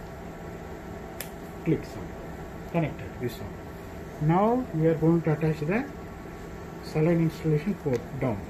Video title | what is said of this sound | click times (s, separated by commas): FIBEROPTIC BRONCHOSCOPE PREPARATION | just place it like this like this click | 1.2 s